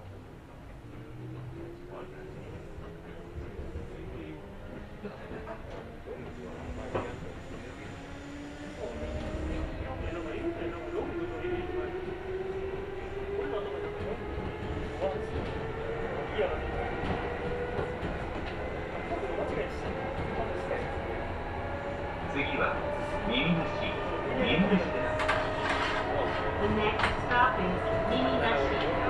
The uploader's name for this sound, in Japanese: 耳で楽しむ鉄道旅 近鉄大阪線 区間準急 大和朝倉→近鉄下田